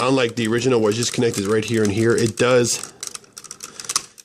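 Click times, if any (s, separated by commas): 4.0 s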